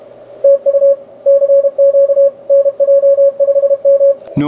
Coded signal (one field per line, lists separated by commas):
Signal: Morse code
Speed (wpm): 28 wpm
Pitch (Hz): 560 Hz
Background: radio noise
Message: TU CQ NJ5M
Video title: Coat Hanger 10m Vertical Antenna